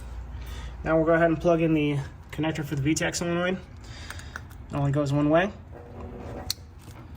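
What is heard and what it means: A wiring harness connector is plugged onto the VTEC solenoid on the engine of a 2000–2009 Honda S2000, and the plug only fits one way. Someone talks, then a sharp click at 6.5 s marks the connector locking into place, seated.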